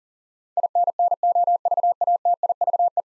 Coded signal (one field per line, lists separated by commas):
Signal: Morse code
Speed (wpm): 40 wpm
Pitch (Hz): 700 Hz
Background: none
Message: INNOVATIVE